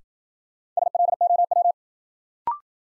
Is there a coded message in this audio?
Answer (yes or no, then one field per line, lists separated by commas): yes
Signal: Morse code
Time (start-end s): 0.8-1.7 s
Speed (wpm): 53 wpm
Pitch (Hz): 700 Hz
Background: none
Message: SLOW